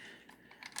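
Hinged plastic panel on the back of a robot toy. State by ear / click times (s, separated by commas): seated / 0.8 s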